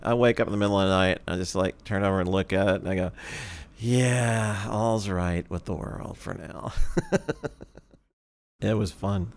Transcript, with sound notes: I wake up in the middle of the night and just like turn over and look at it and go, (sighs) "Yeah. All's right with the world for now…" It was fun.